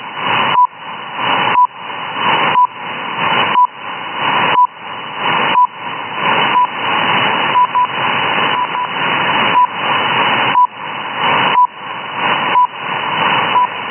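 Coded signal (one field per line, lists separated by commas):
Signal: radio time signal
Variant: RWM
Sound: short 1 kHz beep each second, about 14 ticks, amid hissing static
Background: radio static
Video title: RWM, accurate time signals.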